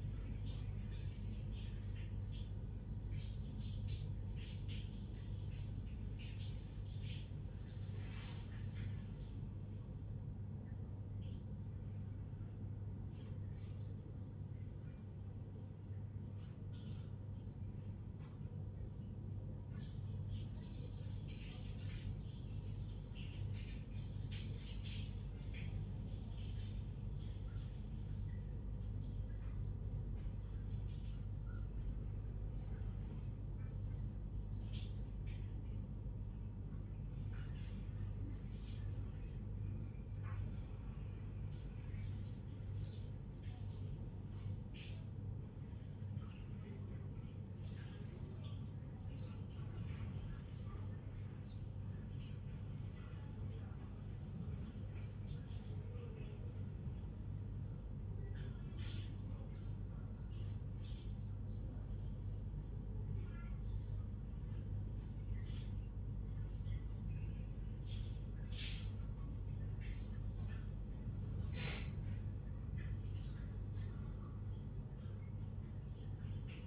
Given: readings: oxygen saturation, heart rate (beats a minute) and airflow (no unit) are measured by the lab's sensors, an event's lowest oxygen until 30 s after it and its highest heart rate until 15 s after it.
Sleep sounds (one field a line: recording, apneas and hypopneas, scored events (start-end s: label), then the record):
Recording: a person awake in a sleep study, by a smartphone at the bedside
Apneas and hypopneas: none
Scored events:
none scored
From the record:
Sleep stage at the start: awake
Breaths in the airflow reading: 24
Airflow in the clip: -0.8 to 0.7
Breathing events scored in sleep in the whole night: 158 in 7.3 hours asleep